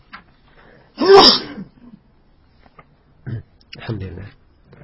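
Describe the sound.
A single loud, sharp sneeze bursts out about a second in during an Islamic lecture, followed by quieter murmured speech and brief vocal sounds.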